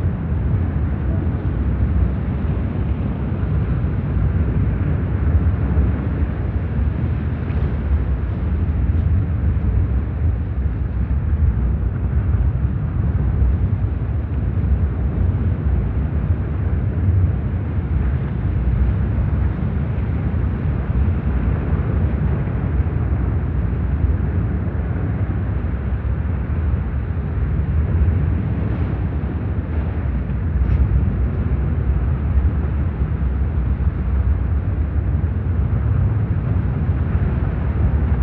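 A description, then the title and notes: A steady wash of brown noise, deep and rumbling, with most of its weight in the low end and little above a soft hiss. It holds an even level for the whole stretch, dense and unchanging, like an engine or heavy surf. Brown noise.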